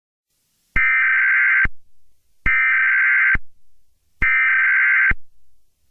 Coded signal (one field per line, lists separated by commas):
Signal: Emergency Alert System (SAME) tones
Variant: header bursts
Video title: EAS scenario 5: Herobrine 2: We are under attack